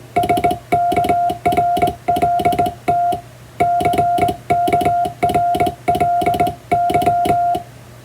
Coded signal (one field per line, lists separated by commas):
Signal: Morse code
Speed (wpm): 20 wpm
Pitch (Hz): 700 Hz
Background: music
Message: SKRLT CKRLY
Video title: Z世代にはわかるかな？昭和世代がモールス電鍵を打ってみました！縦振り電鍵を手打ちで綺麗に打てると新鮮でカッコイイかも！欧文モールス符号を電報形式で打ってみました！morse code practice